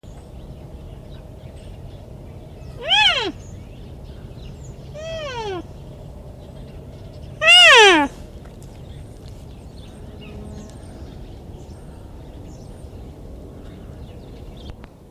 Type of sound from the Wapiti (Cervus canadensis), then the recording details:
call. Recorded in captivity. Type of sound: call. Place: Tierpark Berlin, Berlin, DE. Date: 1973-11-03 10:00. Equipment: Uher 4200 Report Monitor, Verst., Sennheiser MD 421. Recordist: Tembrock, Günter. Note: Altai-Maral: Rufe. Abstand: 3 m. Aufnahmezeit: 10.00-12.30 Uhr